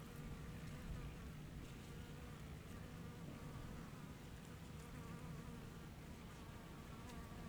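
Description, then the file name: Fly buzzing, a faint wavering hum throughout, over a steady low rumble of wind and a droning engine. Garden at midday, with wind in the trees and a lawnmower running. "Ventando nas arvores jardim ao meio dia com mosca e cortador de grama"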